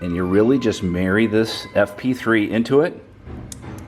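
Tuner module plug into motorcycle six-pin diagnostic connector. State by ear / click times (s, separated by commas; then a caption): seated / 3.5 s. Someone talks while the plug of a Vance & Hines Fuel Pack FP3 tuner is pushed onto a motorcycle's six-pin diagnostic port after its black cap has been removed. After the talking stops, a sharp click is heard at 3.5 s as the connector seats and the fuel pack is connected.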